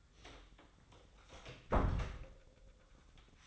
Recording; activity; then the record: daily activity, microphone in the room; close door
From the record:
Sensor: 3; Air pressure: 1004.8 hPa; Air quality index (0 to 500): 76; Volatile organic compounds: 2 ppm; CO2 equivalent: 1154 ppm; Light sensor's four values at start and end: 8/19/8/7 and 8/19/8/7